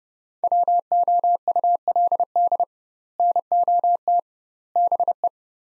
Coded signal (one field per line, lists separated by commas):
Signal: Morse code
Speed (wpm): 30 wpm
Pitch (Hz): 700 Hz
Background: none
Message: WOULD NOT BE